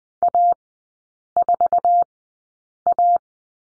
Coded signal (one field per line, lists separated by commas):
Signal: Morse code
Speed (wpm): 20 wpm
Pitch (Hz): 700 Hz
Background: none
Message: A4A